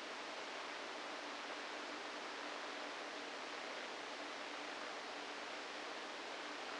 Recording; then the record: brain microelectrode recording played as sound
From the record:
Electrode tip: inside the subthalamic nucleus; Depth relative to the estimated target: -1 mm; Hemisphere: right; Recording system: NeuroSet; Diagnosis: Parkinson's disease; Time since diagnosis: 7 years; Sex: female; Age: 68 years